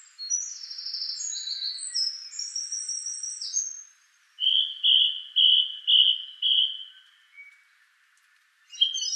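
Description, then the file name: Song thrush song that starts with thin, high squeaky trills and then gives a fuller phrase repeated five times. Brief notes follow. "suara-kicauan-burung-song-thrush -omkicau"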